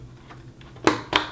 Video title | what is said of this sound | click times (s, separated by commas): How To Build a ZenCash Mining Rig (Nvidia GPU Miner nvOC_19) | you're gonna hear it click into place | 0.9 s, 1.2 s